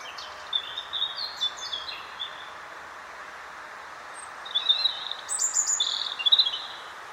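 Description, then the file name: European robin singing two separate thin, high phrases of sliding and trilled notes, with a few seconds of soft background hiss between them. "Erithacus rubecula"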